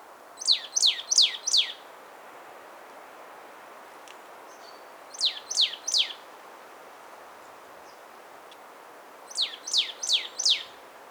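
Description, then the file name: Marsh tit calling in three bursts of three or four high, downward-slurred notes, separated by pauses of several seconds, with faint soft chips between. "Poecile palustris"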